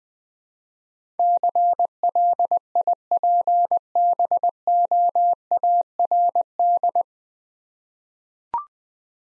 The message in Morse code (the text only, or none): CLIPBOARD